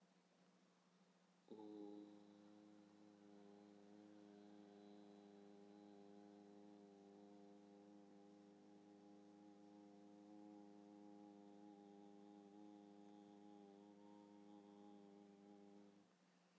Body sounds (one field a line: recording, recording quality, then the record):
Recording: sustained vowel as in boot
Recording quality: moderate, slight background noise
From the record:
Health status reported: healthy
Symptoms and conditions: none ticked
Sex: male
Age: 25 years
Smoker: not ticked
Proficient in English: yes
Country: India